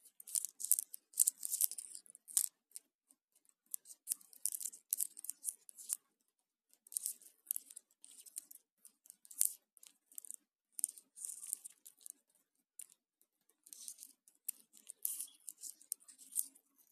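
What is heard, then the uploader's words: A bracelet is shaken and handled, giving bursts of bright, crisp clinking and rattling. The clusters come in irregular flurries with short pauses, notably around six and twelve seconds, and nothing else is heard underneath. ASMR - Braclet sounds.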